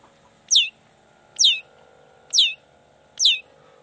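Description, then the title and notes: Long-tailed shrike giving four sharp descending whistled notes, roughly one per second, over a quiet low background hum. Singing actively in the morning, with 'toet toet' sound variations and opening its repertoire; said to make other shrikes respond. "Cendet Gacor Dor Di Kala Pagi Toet Toet Variasi Suara. Cendet Gacor Pagi Hari. Burung cendet"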